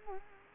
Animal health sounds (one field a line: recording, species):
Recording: mosquito wingbeat signal from an infrared sensor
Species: Culex quinquefasciatus